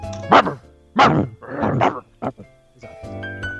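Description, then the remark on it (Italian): A dog barks five or six times in loud, irregular bursts, some short and sharp, others drawn out into a rougher, howling bark, with brief pauses between them. “Sai che verso fa il cane di William Shatner?”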